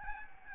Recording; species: mosquito wingbeat signal from an infrared sensor; Aedes albopictus